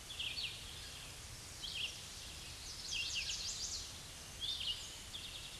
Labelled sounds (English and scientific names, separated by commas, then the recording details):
Red-eyed Vireo (Vireo olivaceus) song
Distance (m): 30 m
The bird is about 10 m above the microphone
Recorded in a Pennsylvania forest on 16 May 2024 at 07:42
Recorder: AudioMoth, point MSD-2376
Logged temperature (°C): 16.7 °C
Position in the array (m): 150 m, 28 m